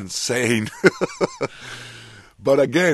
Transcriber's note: soundbite of laughter